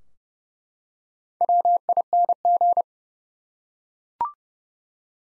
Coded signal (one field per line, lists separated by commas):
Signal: Morse code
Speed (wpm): 30 wpm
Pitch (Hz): 700 Hz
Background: none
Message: WING